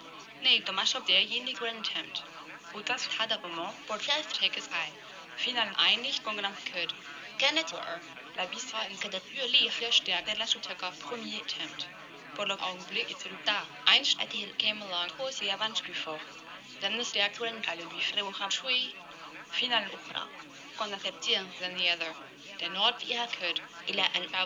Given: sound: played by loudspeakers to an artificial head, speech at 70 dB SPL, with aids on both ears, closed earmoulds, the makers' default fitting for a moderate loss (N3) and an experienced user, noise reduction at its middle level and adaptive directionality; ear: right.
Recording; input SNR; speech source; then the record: speech test signal (ISTS) in cocktail-party noise; +3 dB; on the right (90 degrees)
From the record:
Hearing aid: class 1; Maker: G